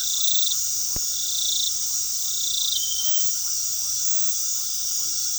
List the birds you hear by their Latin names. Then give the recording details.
none. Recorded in pastures near Puerto Asís, Putumayo, Colombia, on 21 February 2024 at 20:30. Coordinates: 0.468, -76.328. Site G6414